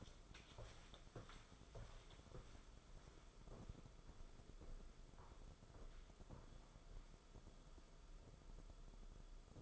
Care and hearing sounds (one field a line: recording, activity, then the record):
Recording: daily activity, microphone in the room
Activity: walk to room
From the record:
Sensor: 5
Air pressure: 994.5 hPa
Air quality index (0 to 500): 172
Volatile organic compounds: 637 ppm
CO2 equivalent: 4979 ppm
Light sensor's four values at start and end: 29/97/36/38 and 30/103/38/41